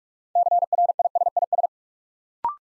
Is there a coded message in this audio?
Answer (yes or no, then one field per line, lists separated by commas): yes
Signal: Morse code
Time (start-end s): 0.4-1.7 s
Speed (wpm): 44 wpm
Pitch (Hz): 700 Hz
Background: none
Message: CRISIS